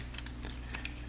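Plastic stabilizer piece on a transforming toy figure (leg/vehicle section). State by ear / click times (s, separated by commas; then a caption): not seated / none. A plastic stabilizer piece on the leg/vehicle section of a Combiner Wars Devastator Mixmaster transforming toy figure is pushed back into place during transformation. Brief light plastic taps and ticks are heard around 0.2, 0.3, 0.5, 0.8 and 0.9 s, with the sharpest at 1.1 s, over a steady low hum. The piece goes back but does not lock, and nothing has clicked into place yet.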